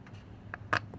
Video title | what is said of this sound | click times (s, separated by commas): How to Tune GY6 Carburetor Idle and Idle Mixture Screw 12 of 12 | I think I'm pushing it you want to hear that click because if you don't hear that click that's not as all the way in there | 0.5 s, 0.8 s